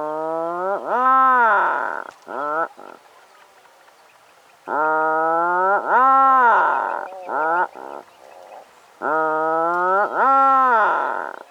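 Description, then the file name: Atlantic puffin calling with loud, harmonic moaning groans, long notes followed by two or three short stuttering notes in the first two bouts, repeated in three bouts with quiet gaps. "Canto do papagaio do mar"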